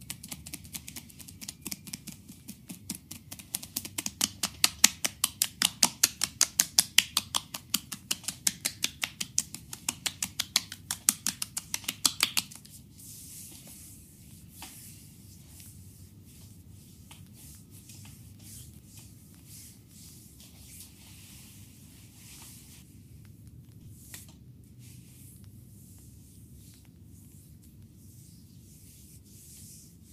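A neck massage begins with rapid, bright tapping, a dense run of quick, fairly regular strikes that keeps going for about twelve seconds. Then the tapping stops abruptly, leaving a low, steady hum with only a few faint ticks, one near the twenty-four-second mark.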